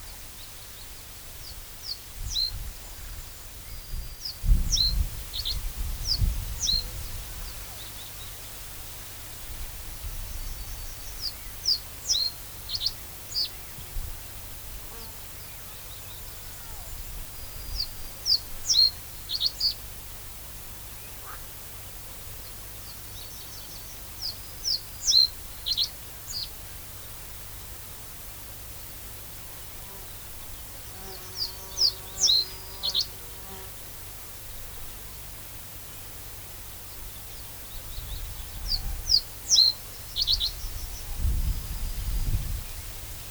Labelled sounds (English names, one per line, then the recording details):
Reed Bunting song
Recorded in the wild
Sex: male
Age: adult
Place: Köppchensee (Fließtal), NSG Fließtal, Berlin, DE
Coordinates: 52.6231, 13.3747
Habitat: pond
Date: 1996-07-14 12:20
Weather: fair, 22°C, gusty wind
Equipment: Sony MD-WM MZ-R3, Sennheiser MKH 416 T, Kopie Uher 4000 Report Monitor
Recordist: Tembrock, Günter